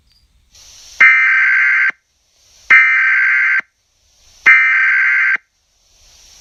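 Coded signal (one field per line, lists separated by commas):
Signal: Emergency Alert System (SAME) tones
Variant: header bursts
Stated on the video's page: Fictional EAS scenario, not a real alert.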